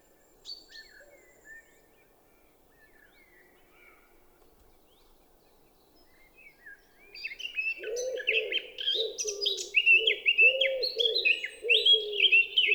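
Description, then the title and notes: Eurasian blackcap song, quiet at first, then a loud, fluting warble in the second half alongside a wood pigeon's rhythmic cooing. Recorded 10 April 2020 at Champs des Blas, Val Maravel, after dawn chorus; melodious song; wood pigeon cooing behind; Nagra LB, stereo omni MKH20. "Fauvette à tête noire (Sylvia atricapilla). Champs des Blas - Val Maravel"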